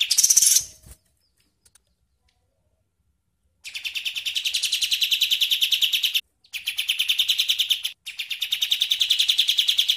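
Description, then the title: Bird song: one high squeaky burst, a few seconds of quiet, then a long rapid buzzy trill broken by two brief gaps. "Masteran Burung"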